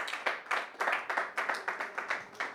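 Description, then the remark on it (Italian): An audience at a comedy night claps for a couple in a quick, even rhythm, about ten sharp beats over a few seconds, fairly soft overall and with no voices on top. “Facciamo un applauso a questi ragazzi.”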